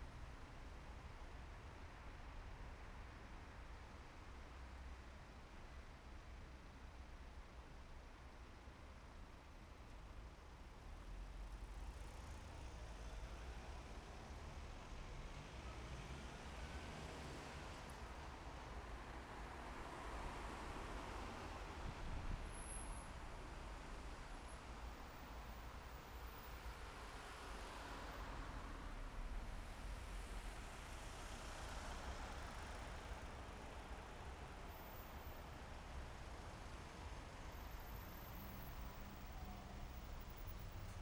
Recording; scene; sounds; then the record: everyday scene through a hearing-aid microphone; in traffic; traffic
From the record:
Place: main city hub, rush hour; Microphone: behind the ear, left, rear